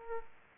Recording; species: mosquito wingbeat signal from an infrared sensor; Aedes aegypti